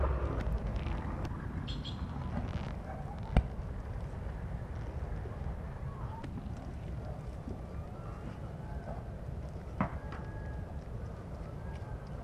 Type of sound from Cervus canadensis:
rut call